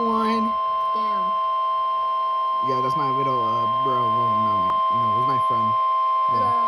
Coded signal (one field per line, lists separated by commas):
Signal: Emergency Alert System (SAME) tones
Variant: 1050 Hz attention tone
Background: speech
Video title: Eas #200 severe thunderstorm warning